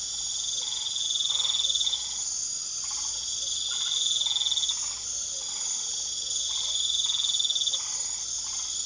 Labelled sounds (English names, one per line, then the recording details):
none
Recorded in pastures near Puerto Asís, Putumayo, Colombia, on 21 March 2025 at 20:30
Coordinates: 0.487, -76.322
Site G077